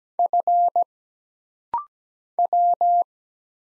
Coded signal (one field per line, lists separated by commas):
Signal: Morse code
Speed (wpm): 17 wpm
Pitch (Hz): 700 Hz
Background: none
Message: F W